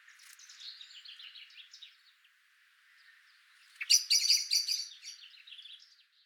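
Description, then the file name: Common blackbird calls: faint high twittering notes first, then a loud sudden burst of harsh chattering that fades away. "Turdus merula"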